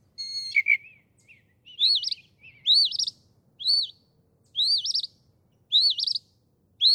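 Northern mockingbird singing varied phrases, then repeating one high, wavering whistled phrase about once a second.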